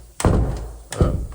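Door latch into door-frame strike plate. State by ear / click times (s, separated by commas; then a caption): not seated / none. A landlord pushes an interior door shut during a move-out inspection, and its latch thunks against the door-frame strike plate at about 0.2 s and again at 0.9 s. The latch does not catch, and nothing seats or clicks; the strike plate needs a spacer to bring it up so the door can latch.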